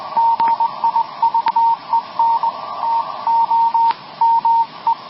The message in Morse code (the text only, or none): GIVEN TO ME